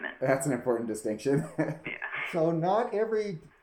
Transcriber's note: laughs